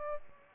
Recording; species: mosquito wingbeat signal from an infrared sensor; Aedes albopictus